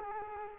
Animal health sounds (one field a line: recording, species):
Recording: mosquito wingbeat signal from an infrared sensor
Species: Culex quinquefasciatus